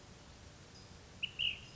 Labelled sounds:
Ash-throated Flycatcher
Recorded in Sonoma County, California

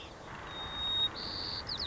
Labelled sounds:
White-crowned Sparrow
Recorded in Sonoma County, California

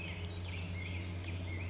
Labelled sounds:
Black-headed Grosbeak
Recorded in Sonoma County, California

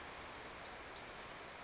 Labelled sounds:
Brown Creeper
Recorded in Sonoma County, California

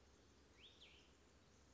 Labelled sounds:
Cassin's Vireo
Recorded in Sonoma County, California

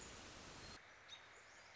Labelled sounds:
American Robin
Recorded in Sonoma County, California

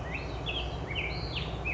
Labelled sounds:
Black-headed Grosbeak
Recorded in Sonoma County, California

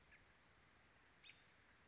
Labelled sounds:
American Robin
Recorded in Sonoma County, California

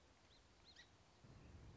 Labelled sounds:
Song Sparrow
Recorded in Sonoma County, California

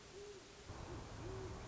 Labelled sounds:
Great Horned Owl
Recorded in Sonoma County, California

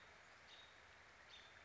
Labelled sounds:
American Robin
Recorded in Sonoma County, California

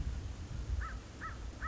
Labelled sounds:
American Crow
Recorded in Sonoma County, California

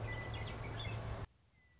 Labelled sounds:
Western Meadowlark
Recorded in Sonoma County, California

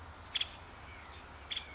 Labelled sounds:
Nuttall's Woodpecker
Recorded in Sonoma County, California

